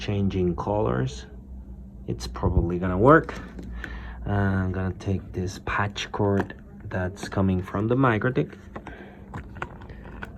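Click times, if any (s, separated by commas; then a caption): none. Someone talks while taking an RJ45 Ethernet patch cord coming from the micro switch toward the Ethernet port of a network controller device. A few faint, sharp handling taps are heard near the end, around 8.9, 9.6 and 10.2 seconds. The plug has not seated or clicked into the port yet.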